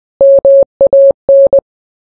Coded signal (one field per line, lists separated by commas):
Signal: Morse code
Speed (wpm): 20 wpm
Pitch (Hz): 550 Hz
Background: none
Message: MAN